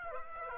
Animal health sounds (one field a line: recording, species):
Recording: mosquito wingbeat signal from an infrared sensor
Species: Aedes aegypti